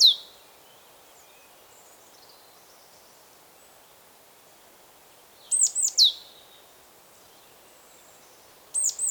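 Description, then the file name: Great tit call: a clipped note opening, then a clear three-note phrase of high, falling whistles, and another starting right at the end, over quiet background. "Parus major"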